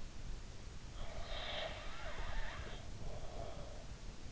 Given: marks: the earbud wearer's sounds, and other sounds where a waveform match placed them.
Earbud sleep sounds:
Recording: sounds in sleep by an in-ear microphone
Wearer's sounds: snoring breath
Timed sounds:
0.87-3.99 s: snoring breath

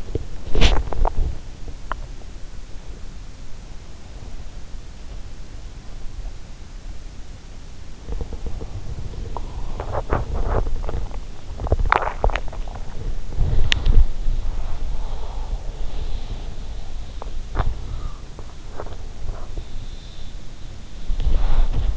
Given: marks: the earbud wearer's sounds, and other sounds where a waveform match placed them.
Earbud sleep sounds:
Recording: sounds in sleep by an in-ear microphone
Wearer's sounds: body movement, swallowing, teeth grinding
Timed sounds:
0.00-1.31 s: body movement
9.27-11.22 s: body movement
11.22-12.73 s: swallowing
13.64-13.84 s: teeth grinding
17.18-19.58 s: body movement
21.22-21.97 s: body movement

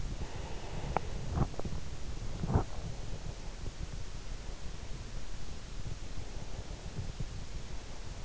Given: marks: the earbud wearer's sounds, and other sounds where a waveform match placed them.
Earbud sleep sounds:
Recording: sounds in sleep by an in-ear microphone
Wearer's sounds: breath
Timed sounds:
0.32-1.21 s: breath

